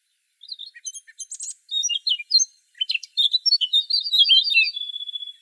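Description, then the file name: Eurasian blackcap song: fast chattering warble that shifts into a loud, clear, whistled flourish, falling away at the close. "Sylvia atricapilla"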